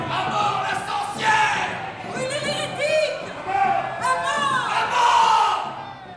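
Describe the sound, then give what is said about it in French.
A crowd of soldiers bellowing fierce death cries as they rush back grabbing bundles of firewood, ahead of the executioner dragging Jeanne to the pyre, many voices overlapping in loud, ragged shouts that swell and surge in waves over about six seconds, with rising and falling yells cutting through. “les personnages reviennent rapidement, empoignant des fagots, hurlant des cris de mort, précédant le bourreau qui traîne Jeanne, aidé par deux soldats anglais.”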